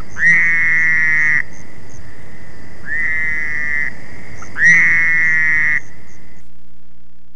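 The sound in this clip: Fowler's toad giving nasal, buzzy bleats about a second long, three calls in a row, the middle one softer.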